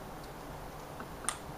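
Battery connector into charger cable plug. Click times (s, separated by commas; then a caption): 1.3 s. A battery's plastic connector is pushed onto a charger cable's connector over a quiet background, with a faint tick at 1.0 s. A single sharp click sounds at 1.3 s as the connector seats.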